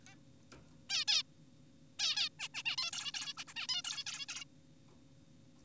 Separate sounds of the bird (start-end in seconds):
0.07-0.15, 0.90-1.05, 1.08-1.23, 1.99-2.29, 2.40-2.48, 2.54-2.63, 2.66-2.76, 2.78-2.91, 2.93-3.12, 3.14-3.34, 3.38-3.44, 3.48-3.54, 3.56-3.67, 3.69-3.82, 3.84-4.04, 4.07-4.26, 4.29-4.44